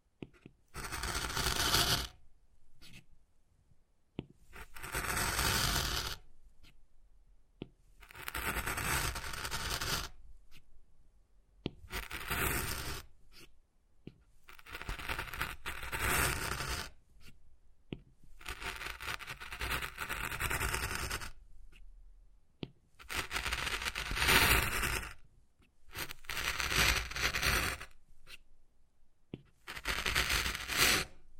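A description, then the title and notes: Wood is carved with repeated scratching strokes, each lasting one to three seconds, separated by brief silent gaps about ten times over the clip. The scraping is rough and bright, swelling and fading within each stroke. Wood Carving, Tapping and Scratching Sounds.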